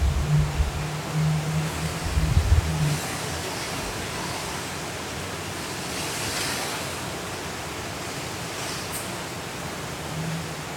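Hurricane Kay at midnight fills the clip with a dense, steady roar of wind and rain that hardly lets up. In the first three seconds a low droning hum and some heavier thumps sit under the roar, and brief brighter gusts swell near six and nine seconds.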